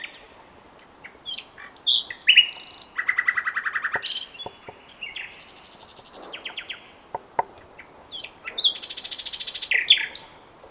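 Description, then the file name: Common nightingale song: varied phrases of pure whistles, rapid buzzy trills and sharp chirps, broken by short pauses. "Luscinia megarhynchos"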